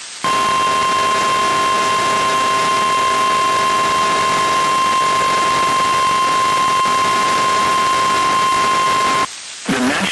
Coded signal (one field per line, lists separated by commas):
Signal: Emergency Alert System (SAME) tones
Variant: 1050 Hz attention tone